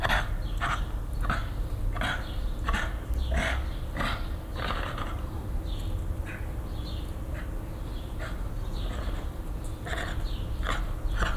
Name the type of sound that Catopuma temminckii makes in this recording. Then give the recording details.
call. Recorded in captivity. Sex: male. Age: adult. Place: Zoo Dresden, Sachsen, DE. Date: 1995-05-17 15:13. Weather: bedeckt, 12°C. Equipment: Marantz CP 430, Sennheiser ME 80, Kopie Uher 4000 Report Monitor. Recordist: Tembrock, Günter